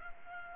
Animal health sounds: mosquito wingbeat signal from an infrared sensor; Culex pipiens

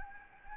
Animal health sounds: mosquito wingbeat signal from an infrared sensor; Anopheles gambiae

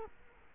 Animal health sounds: mosquito wingbeat signal from an infrared sensor; Culex quinquefasciatus

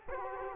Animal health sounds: mosquito wingbeat signal from an infrared sensor; Culex quinquefasciatus

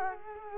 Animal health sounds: mosquito wingbeat signal from an infrared sensor; Culex quinquefasciatus

